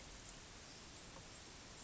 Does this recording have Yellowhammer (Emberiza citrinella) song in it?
no